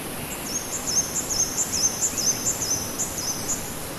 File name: zapsplat nature forest ambience crickets birds eastern whipbird wind trees flies australia